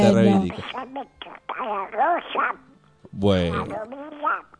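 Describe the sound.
A raspy, nasal cartoon-duck voice squawks out garbled, quacking speech in loud bursts, with a brief pause before a final rapid phrase.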